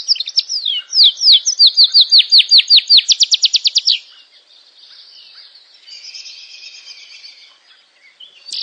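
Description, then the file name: Canary song: fast downslurred whistled notes accelerating into a quick rolling trill, then a softer buzzy passage before a final note. "Canary Voice"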